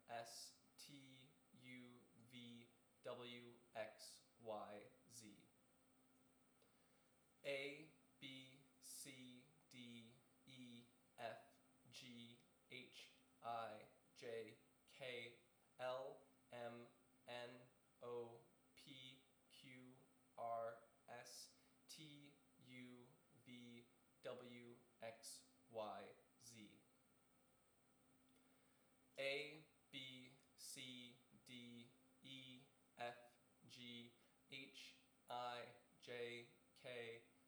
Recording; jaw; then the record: letters of the alphabet, spoken; free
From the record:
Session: seven days later